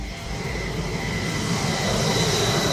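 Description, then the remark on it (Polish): A Polish F-16 or Norwegian F-35 fighter jet at the Krzesiny air base, training to search for drones: its engine roars steadily, a dense rushing noise with a thin high whine running through it, swelling slightly louder toward the end with no voices. “Piloci polskich samolotów F-16 i norweskich F-35 stacjonujących w bazie w Krzesinach trenują wyszukiwanie dronów.”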